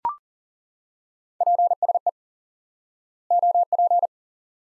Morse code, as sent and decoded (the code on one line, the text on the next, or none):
.--. ... . / --- .--.
PSE OP